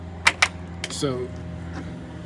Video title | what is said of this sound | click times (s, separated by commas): Camping MULTIPLE Days During KAYAK Tournaments! Truck Camping SETUP and How I Charge my Batteries. | and it conveniently clicks right into place on the glass door here | 0.4 s